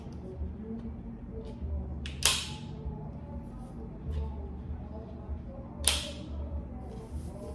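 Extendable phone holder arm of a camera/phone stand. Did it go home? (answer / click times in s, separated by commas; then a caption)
yes / 2.2 s, 5.9 s. The extendable phone holder arm of a Sunpak camera/phone stand is pulled out, and sharp clicks ring out at 2.3 s and 5.9 s over a low steady background. The arm seats into place.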